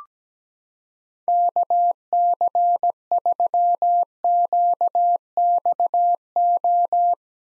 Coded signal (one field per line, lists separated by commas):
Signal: Morse code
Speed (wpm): 17 wpm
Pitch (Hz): 700 Hz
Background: none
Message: KC3QXO